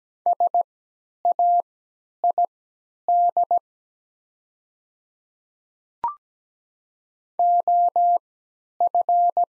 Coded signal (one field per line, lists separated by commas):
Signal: Morse code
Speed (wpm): 17 wpm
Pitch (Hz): 700 Hz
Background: none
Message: SAID OF